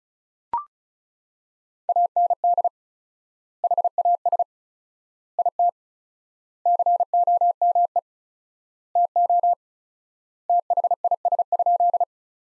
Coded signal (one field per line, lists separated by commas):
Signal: Morse code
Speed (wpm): 34 wpm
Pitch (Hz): 700 Hz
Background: none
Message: AND HAS IT COME TO THIS?